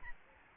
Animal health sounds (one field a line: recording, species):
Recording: mosquito wingbeat signal from an infrared sensor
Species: Aedes albopictus